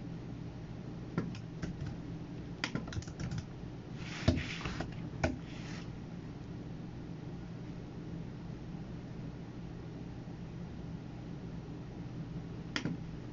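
Sounds of someone working at a computer: sharp clicks and taps cluster between about one and six seconds, with a brief rustling burst near four seconds. Afterward it settles into a steady low hum, broken by one last click near thirteen seconds.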